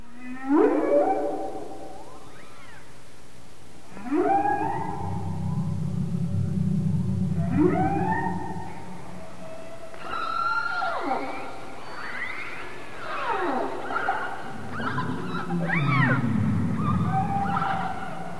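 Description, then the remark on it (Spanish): Whales singing in long, sweeping moans and rising-falling cries, some low and rumbling, others climbing into higher squeals, arriving in slow overlapping phrases with brief pauses between. “Así cantan las ballenas.”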